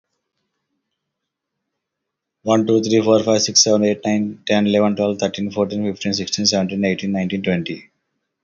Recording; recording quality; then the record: counting at a fast pace; excellent, no background noise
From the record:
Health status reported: healthy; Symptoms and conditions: hypertension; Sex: male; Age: 48 years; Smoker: not ticked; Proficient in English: yes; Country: India